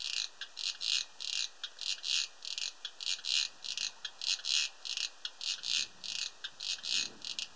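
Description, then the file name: Cricket giving rapid, high chirps, each a brief buzzy pulse, continuing without a break. Recorded 31 August 2007; audio filtered. "Gropper Cricket"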